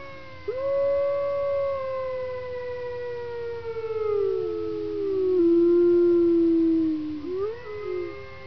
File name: Zvuki prirody Voy Volka